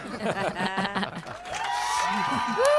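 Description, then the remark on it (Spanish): An audience bursts into applause, the clapping building into a steady, dense wash while scattered voices cheer and let out rising whoops over it. “No era para aplaudir, ¿eh?”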